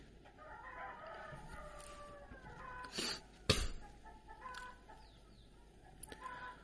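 A rooster crows with a long, wavering, mid-pitched call, followed by scattered clucks and a couple of sharp louder bursts, then more faint fowl sounds trailing off.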